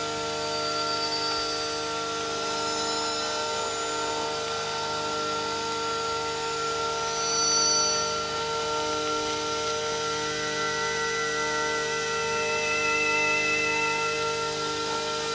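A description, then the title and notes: Electromagnetic signals from a Piccadilly Line tube train form a steady buzzing drone of stacked tones, with brief whistling pitches rising near eight and thirteen seconds. The signals were captured with the use of an EM coil pick up. Recordings of EM signals produced by a Piccadilly Line tube train travailing between Green Park and Holborn stations.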